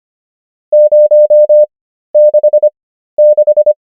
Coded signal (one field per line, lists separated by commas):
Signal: Morse code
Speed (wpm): 25 wpm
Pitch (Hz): 600 Hz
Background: none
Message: 066